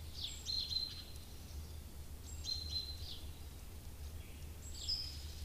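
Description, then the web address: Eurasian treecreeper song: three short, very high, thin phrases of slurred notes, each about a second long and coming roughly every two seconds, over a steady low hum. "Madardalok Cd 1 Hegyi fakusz"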